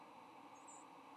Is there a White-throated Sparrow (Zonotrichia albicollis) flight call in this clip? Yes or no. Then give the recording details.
no. Another species' flight call is heard. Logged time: 08:57 on 8 November 2014